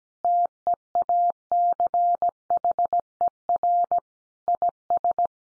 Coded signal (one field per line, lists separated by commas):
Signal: Morse code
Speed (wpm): 17 wpm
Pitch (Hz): 700 Hz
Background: none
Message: TEACHER IS